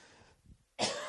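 A single sudden, harsh cough burst from an adult man after a quiet pause; an ordinary cough, with the man still coughing up mold.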